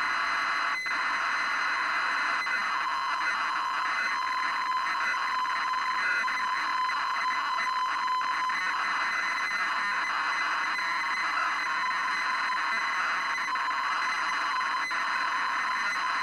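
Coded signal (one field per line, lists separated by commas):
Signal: ZX Spectrum tape loading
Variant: 48k ZX Spectrum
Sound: continuous harsh buzzing screech of cassette data, steady loudness throughout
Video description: Featuring real time loading from cassette tape on a 48k ZX Spectrum. Previously untested 24 year old tape.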